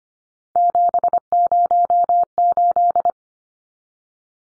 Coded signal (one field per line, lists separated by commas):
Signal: Morse code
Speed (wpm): 25 wpm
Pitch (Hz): 700 Hz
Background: none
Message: 708